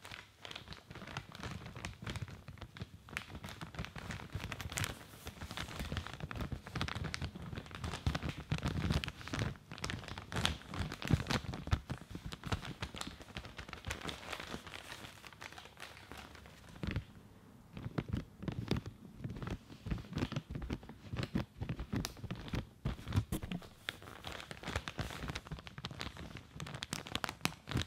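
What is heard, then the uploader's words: Dense, crackly rustling from brushing and handling cotton fills the recording, with rapid irregular strokes and soft taps packed close together. The texture stays busy and bright throughout, easing briefly around seventeen seconds before the quick scratchy strokes resume. Lotion Sounds, Hair Brushing, Cottons, Tapping.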